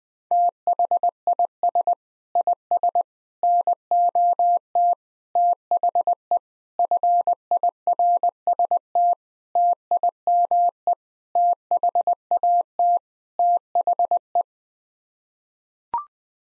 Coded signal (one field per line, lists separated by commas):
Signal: Morse code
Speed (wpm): 20 wpm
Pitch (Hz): 700 Hz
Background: none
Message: THIS IS NOT THE FIRST TIME THAT THE